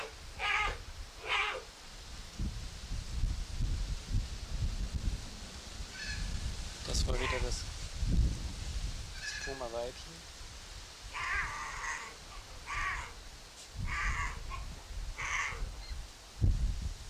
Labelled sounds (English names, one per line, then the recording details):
Puma call
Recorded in captivity
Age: diverse
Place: Wildlife Park Shubenacadie, Nova Scotia, CA
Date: 1991-10-10 13:26
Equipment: Sony WM-D6C, Sony ECM-939 LT (Stereo), Kopie Uher 4400 IC
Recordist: Frommolt, Karl-Heinz